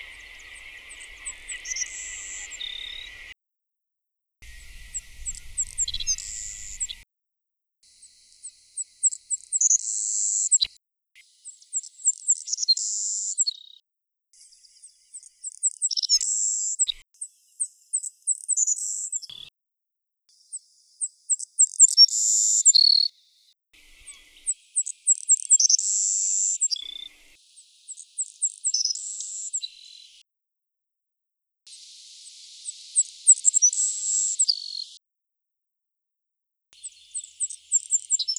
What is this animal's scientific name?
Passerculus sandwichensis